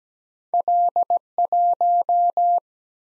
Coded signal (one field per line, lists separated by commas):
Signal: Morse code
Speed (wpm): 17 wpm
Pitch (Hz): 700 Hz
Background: none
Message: L1